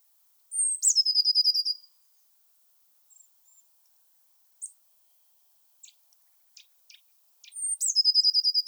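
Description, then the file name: Eurasian blue tit call: a thin high note sliding down into a quick trill, given twice, with scattered faint ticks and short notes in between. "Cyanistes caeruleus"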